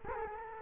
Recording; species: mosquito wingbeat signal from an infrared sensor; Culex quinquefasciatus